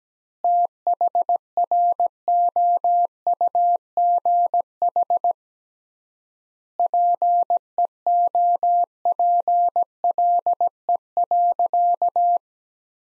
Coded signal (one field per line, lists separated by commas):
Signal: Morse code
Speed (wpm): 17 wpm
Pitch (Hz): 700 Hz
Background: none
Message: THROUGH PEOPLE.